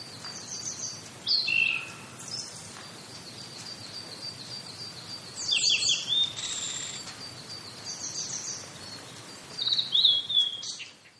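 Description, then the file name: Blue-and-white flycatcher singing several short high whistled phrases with sliding notes, spaced a few seconds apart, over a constant thin high hum. "oruri"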